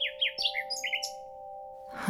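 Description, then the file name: Common nightingale giving quick descending slurred notes and sharp whistles in a brief phrase, followed by a soft rustle, with a steady low hum throughout. "Nachtigall"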